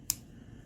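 A slip-joint knife blade is snapped home into its handle and backspring, giving one strong, crisp click at 0.1 s that is bright in the high frequencies, followed by a low, quiet background. The blade seats with a great snap.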